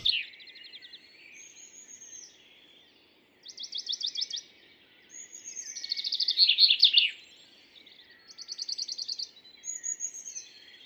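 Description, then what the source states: Common Chaffinch singing a descending trilled phrase ending in a flourish; thin high whistles and other short, fast trills from other birds before and after it. Very active on the morning of 2 June 2019 at La Carrière, Lesches-en-Diois, in the same shrub as a Western Bonelli's Warbler; stereo, Mixpr3 recorder, MKH40 microphone.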